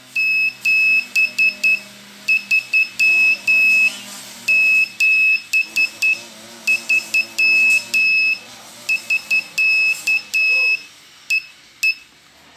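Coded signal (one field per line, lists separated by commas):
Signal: Morse code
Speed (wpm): 10 wpm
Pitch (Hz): 2600 Hz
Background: none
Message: 73 73 <SK> E E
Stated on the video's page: Low-cost homemade CW key sounding an active buzzer.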